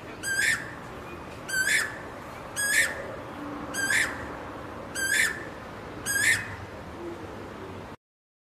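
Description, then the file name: Asian koel call series of six rising, ringing notes spaced about a second apart, followed by abrupt silence at the end. Calling to find a mate. "นกกาเหว่าร้องหาคู่"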